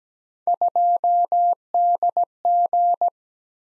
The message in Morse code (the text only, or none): 2DG